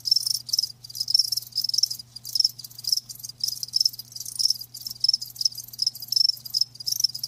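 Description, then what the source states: Crickets chirping in loud high bursts broken by short silent gaps, a continuous pulsing chorus with a faint low hum. Live crickets chirping, a lulling song.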